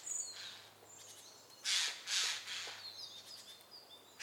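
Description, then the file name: Eurasian jay giving two loud, harsh rasping screeches about half a second apart, and the start of another at the very end, with thin high whistles from other small birds before and after. "Garrulus glandarius"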